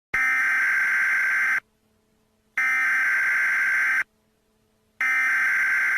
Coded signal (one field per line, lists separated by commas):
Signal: Emergency Alert System (SAME) tones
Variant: header bursts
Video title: Baby kata has been spotted in your local area EAS WARNING